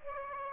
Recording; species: mosquito wingbeat signal from an infrared sensor; Aedes aegypti